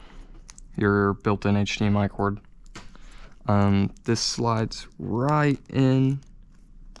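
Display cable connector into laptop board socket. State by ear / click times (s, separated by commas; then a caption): seated / 7.0 s. A display cable connector is slid into its small board socket on a Chromebook while someone talks. Faint clicks and taps sound between the words, and a sharp click at 7.0 s marks the connector seating all the way in.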